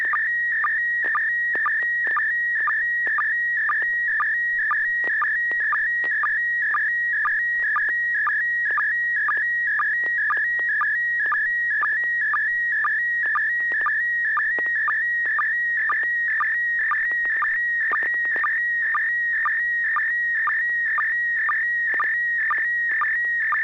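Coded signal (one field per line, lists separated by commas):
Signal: SSTV (slow-scan television)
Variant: PD120 mode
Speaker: well, this should be PD 120.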